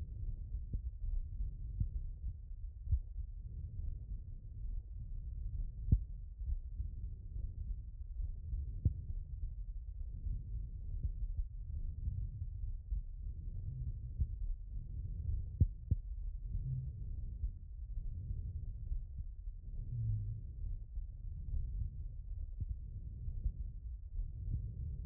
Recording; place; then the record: heart sounds by stethoscope; tricuspid valve (TV)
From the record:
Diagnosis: non-HFrEF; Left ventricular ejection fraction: 66%